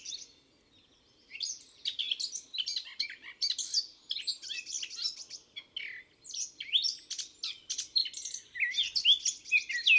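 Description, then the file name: Eurasian blackcap song: after a second of quiet, a long, busy warble of chattering, scratchy and whistled notes pours out without a break, over faint low background hum. "Sylvia atricapilla"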